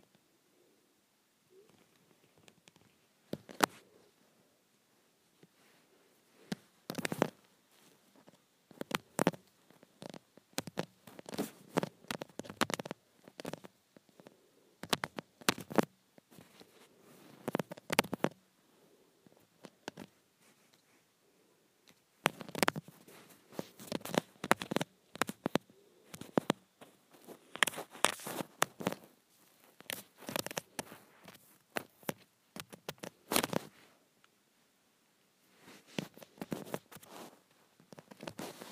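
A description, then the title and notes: Acrylic nails tap and click on a phone screen in quick, sharp bursts, bright clicks clustered into dense runs of patter. Busy stretches come around 6–18 seconds and again from about 22 to 34 seconds, with quieter pauses and scattered single taps between. ASMR Acrylic Nails on Phone Screen.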